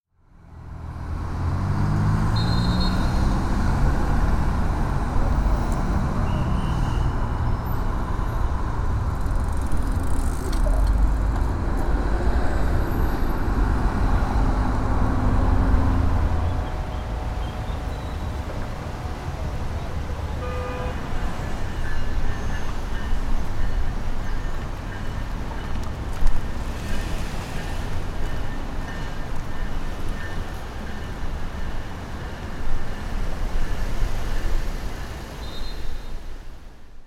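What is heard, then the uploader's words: City traffic rumbles steadily throughout, a dense low roar of engines with passing vehicles swelling and fading. The first sixteen seconds are heaviest, with deep engine drones; afterward the flow thins slightly, and brief tonal whines and horn-like notes appear around twenty seconds. The sound of traffic from five different cities - Accra, Beirut, Chicago, Copenhagen and London.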